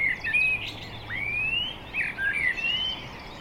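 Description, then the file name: Common blackbird song: several smooth slurred whistles, one long upward-sweeping whistle, then short rising and falling whistles. "Turdus merula"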